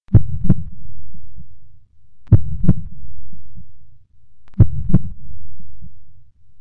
Heartbeat.